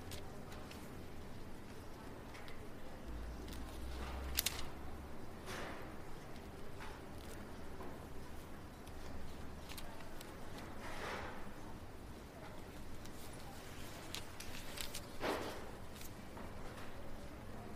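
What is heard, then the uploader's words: Library ambiance: a steady low hum with scattered soft knocks and rustles, a sharper thump near four seconds and another around fifteen. Library Ambiance.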